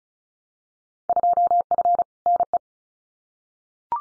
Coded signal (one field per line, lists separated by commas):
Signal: Morse code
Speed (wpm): 34 wpm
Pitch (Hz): 700 Hz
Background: none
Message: 2F NE